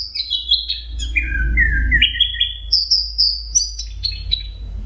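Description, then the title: Orange-headed thrush song, a varied run of whistled and buzzy phrases dropping then jumping back high, over a steady low hum. "Burung Anis Merah"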